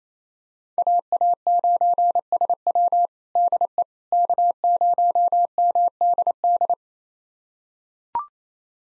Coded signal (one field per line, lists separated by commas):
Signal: Morse code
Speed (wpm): 27 wpm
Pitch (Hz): 700 Hz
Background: none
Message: AA9SW DE K0MDD